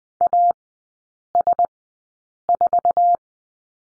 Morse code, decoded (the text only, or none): AS4